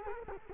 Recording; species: mosquito wingbeat signal from an infrared sensor; Culex quinquefasciatus